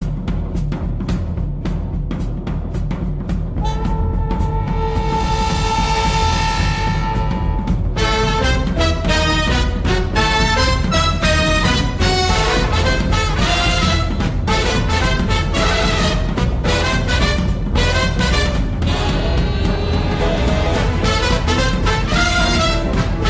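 In an adult's breathing, a high, whistling musical tone holds for several seconds, followed by many shorter tonal squeaks mixed with crackly clicks over a steady low rumble. This is wheezing, a sign of narrowed airways.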